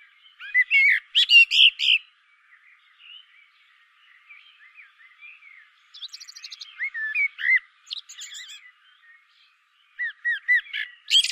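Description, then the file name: Common blackbird song: a loud burst of whistled notes, soft quiet warbling, a run of rapid high chattering notes, then repeated short whistles. "Turdus merula"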